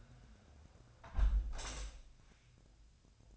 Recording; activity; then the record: daily activity, microphone in the room; close window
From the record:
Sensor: 2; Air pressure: 1006.5 hPa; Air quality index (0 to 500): 203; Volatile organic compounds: 15 ppm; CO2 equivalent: 2485 ppm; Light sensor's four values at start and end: 9/22/9/9 and 9/21/9/9